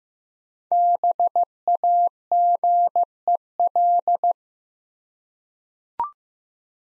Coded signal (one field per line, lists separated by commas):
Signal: Morse code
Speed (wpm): 15 wpm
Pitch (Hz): 700 Hz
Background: none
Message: BAGEL